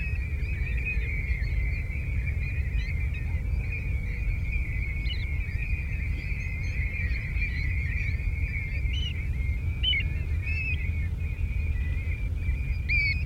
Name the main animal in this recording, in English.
European Golden Plover